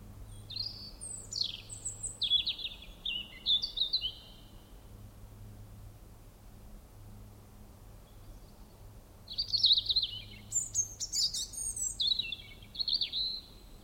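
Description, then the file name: European robin song: two bursts of high, sweet, warbled phrases, one near the start and one after a quiet gap of about five seconds, with a soft low hum throughout. "Erithacus rubecula"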